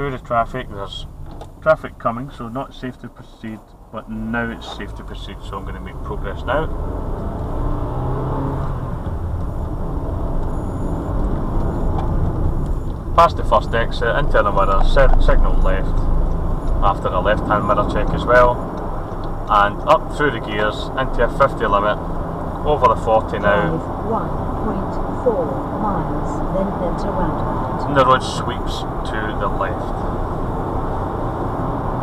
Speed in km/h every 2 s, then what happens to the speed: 8, 3, 15, 24, 32, 40, 40, 40, 42, 56, 60, 63, 72, 81, 79, 79.
2-10 speeds up to 40. 10-16 steady at about 40. 16-25 speeds up to 81. 25-32 steady at about 79.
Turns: 8-16.